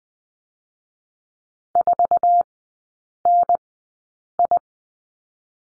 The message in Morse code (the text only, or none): 4NI